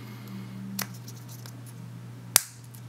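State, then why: Seated. The ends of plastic construction pieces are pressed together just outside the grooves of a grooved piece. A faint tick comes at 0.8 s over a steady low hum, then one sharp, bright snap rings out at 2.4 s. The ends snap together and are seated, connected on the piece.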